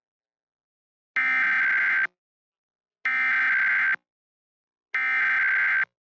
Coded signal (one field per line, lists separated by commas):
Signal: Emergency Alert System (SAME) tones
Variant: header bursts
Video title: Required Monthly Test for March on WYFF-TV (EAS #205)